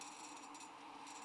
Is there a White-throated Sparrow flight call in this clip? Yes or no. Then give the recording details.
no. No flight call is heard. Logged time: 07:12 on 13 December 2014